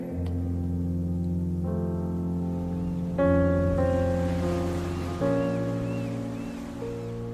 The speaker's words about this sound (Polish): Jak pięknie szumi to morze, jakie tu emocje są w głosie. No i te okrzyki, i ten fortepian, wszystko pasuje mi w tym utworze